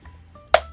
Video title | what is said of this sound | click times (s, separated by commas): The ULTIMATE Underwater Housing Set Up Guide | there we go so you can hear that snap in and now that lens is able to zoom | 0.5 s